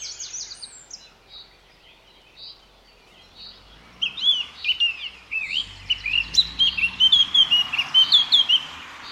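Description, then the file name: Eurasian blackcap song, a soft scratchy warble for several seconds, then a louder run of quick fluty whistled phrases to the end. "Sylvia atricapilla"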